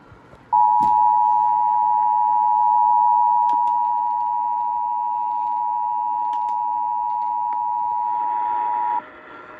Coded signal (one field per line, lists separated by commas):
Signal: Emergency Alert System (SAME) tones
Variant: 853 and 960 Hz attention tone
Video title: The last of fall's floods - EAS Alerts from 10-25-23 [EAS #439-450]